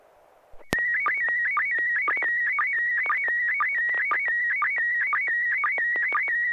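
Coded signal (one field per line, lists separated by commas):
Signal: SSTV (slow-scan television)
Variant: PD 120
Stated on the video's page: SSTV net on an FM repeater on 441.300 MHz, images sent with MMSSTV software.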